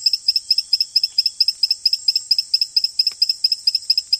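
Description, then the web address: Ecuadorian poison frog calling in a fast, regular series of high, sharp double-pulsed notes over a steady high insect hiss. Recorded in the Ecuadorian Amazon. "Natures Songs. Frogs of Ecuadorian Amazon Epipedobates bilinguis"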